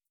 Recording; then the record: hydrophone in a shrimp aquaculture tank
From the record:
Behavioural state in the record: starved